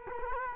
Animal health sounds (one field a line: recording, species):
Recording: mosquito wingbeat signal from an infrared sensor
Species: Culex quinquefasciatus